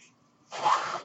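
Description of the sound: Quiet pause, then a sudden half-second airy whoosh: a person's own mechanical ventilator delivering a breath.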